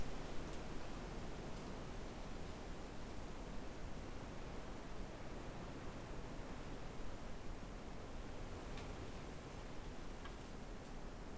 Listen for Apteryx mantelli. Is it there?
no